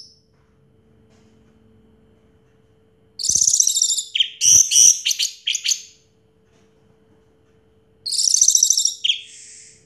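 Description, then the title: Orange-headed thrush song in two dense bouts of rapid, high, scratchy and whistled notes, with a long quiet gap between them. Song used as a lure to prompt a stalled, silent orange-headed thrush to start singing. "Anis Merah Macet.. Pancing Dengan Suara Ini.."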